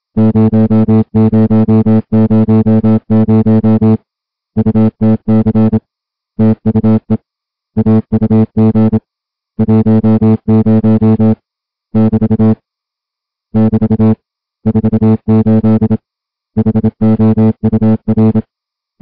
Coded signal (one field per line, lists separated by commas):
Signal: Morse code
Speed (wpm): 27 wpm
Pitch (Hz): 220 Hz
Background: music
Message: 0000 UTC TUE AUG 10 <BT> <BT> 48 HOUR